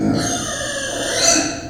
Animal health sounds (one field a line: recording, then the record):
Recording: squeal of a Yucatan mini pig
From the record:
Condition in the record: before surgery on the right vocal fold (resection and tissue-engineered implant)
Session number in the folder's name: 3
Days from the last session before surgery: 0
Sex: female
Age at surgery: 19 weeks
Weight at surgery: 25 kg